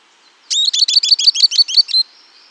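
Bird call: a fast, even series of about nine high, sharp chirps in under two seconds, then quiet.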